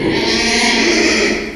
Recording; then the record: squeal of a Yucatan mini pig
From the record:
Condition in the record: after surgery on the right vocal fold (resection and tissue-engineered implant); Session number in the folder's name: 2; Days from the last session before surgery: 13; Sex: male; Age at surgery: 12 weeks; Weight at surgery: 13 kg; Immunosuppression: cyclosporine, prednisolone